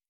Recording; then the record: hydrophone in a shrimp aquaculture tank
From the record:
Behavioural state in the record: starved